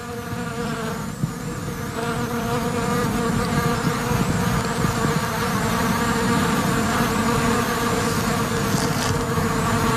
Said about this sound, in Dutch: De wilde bijen op de wilde pruim.